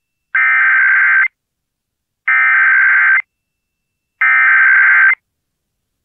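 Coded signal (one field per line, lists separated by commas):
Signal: Emergency Alert System (SAME) tones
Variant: header bursts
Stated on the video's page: Real Amber Alert relayed on 96.3 FM KSCS and KTXD TV 47, originating through 820 AM WBAP.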